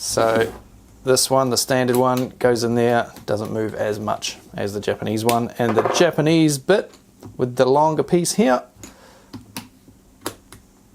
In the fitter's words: won't lock in at all too long so just will fall out so